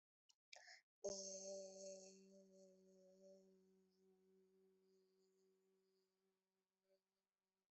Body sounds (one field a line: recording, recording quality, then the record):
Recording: sustained vowel as in beet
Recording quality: excellent, no background noise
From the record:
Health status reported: COVID-19 positive, mild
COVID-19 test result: positive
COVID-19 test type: rapid antigen test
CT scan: not taken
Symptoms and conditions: fever, fatigue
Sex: female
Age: 22 years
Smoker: no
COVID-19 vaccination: both doses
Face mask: worn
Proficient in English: yes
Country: India